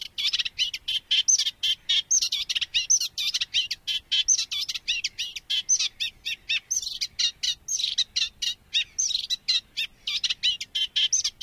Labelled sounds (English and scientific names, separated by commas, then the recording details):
Eurasian Reed Warbler (Acrocephalus scirpaceus) song
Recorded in the wild
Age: adult
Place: Moorweiher bei Adelsdorf, Bayern, DE
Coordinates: 49.7394, 11.9222
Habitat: pond
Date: 1961-05-31
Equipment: Original, Vollspur
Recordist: Tretzel, Erwin